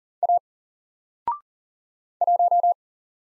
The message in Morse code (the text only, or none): A 1